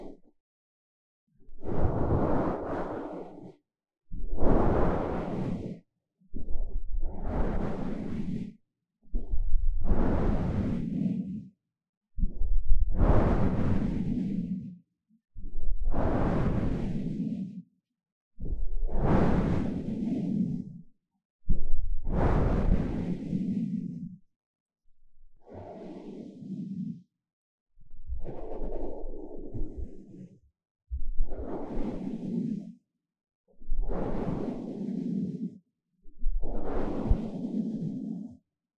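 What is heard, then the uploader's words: Foam rubbed against the ears in twelve separate strokes, each a soft, scratchy whoosh lasting about two seconds, with brief silences between them. 3Dio Foam and Tingly Ear Massage for Stress Relief. 耳朵泡沫按摩抒壓. NoTalking.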